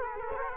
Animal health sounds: mosquito wingbeat signal from an infrared sensor; Culex quinquefasciatus

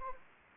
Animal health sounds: mosquito wingbeat signal from an infrared sensor; Anopheles gambiae

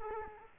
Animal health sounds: mosquito wingbeat signal from an infrared sensor; Culex quinquefasciatus

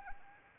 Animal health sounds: mosquito wingbeat signal from an infrared sensor; Anopheles arabiensis

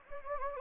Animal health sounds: mosquito wingbeat signal from an infrared sensor; Anopheles gambiae

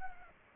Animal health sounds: mosquito wingbeat signal from an infrared sensor; Culex pipiens

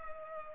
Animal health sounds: mosquito wingbeat signal from an infrared sensor; Culex pipiens

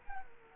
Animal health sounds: mosquito wingbeat signal from an infrared sensor; Culex quinquefasciatus

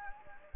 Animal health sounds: mosquito wingbeat signal from an infrared sensor; Anopheles gambiae

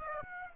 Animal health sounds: mosquito wingbeat signal from an infrared sensor; Aedes aegypti

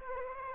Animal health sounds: mosquito wingbeat signal from an infrared sensor; Aedes aegypti

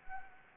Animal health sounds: mosquito wingbeat signal from an infrared sensor; Anopheles arabiensis

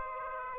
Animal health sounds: mosquito wingbeat signal from an infrared sensor; Aedes aegypti

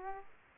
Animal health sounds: mosquito wingbeat signal from an infrared sensor; Aedes aegypti

